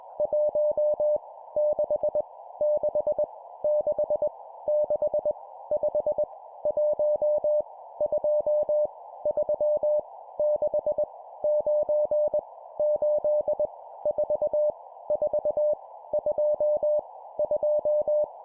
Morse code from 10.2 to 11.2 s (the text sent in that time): 6